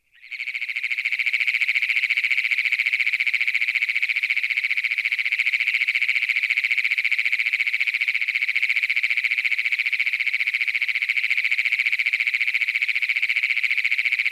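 Great Plains toad giving a sustained, piercing, buzzy trill that starts abruptly and continues without pause at an even pitch and loudness to the end.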